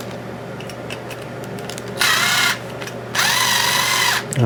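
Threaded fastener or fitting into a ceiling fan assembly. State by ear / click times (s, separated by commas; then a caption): not seated / none. A threaded fastener or fitting is driven into the new ceiling fan assembly by a power drill, with two whirring bursts from about 2.0 to 2.6 s and 3.2 to 4.2 s over a steady low hum and light handling taps. The part has gone in cross-threaded and did not thread in properly, so nothing has seated or clicked yet.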